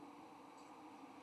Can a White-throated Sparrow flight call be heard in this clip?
no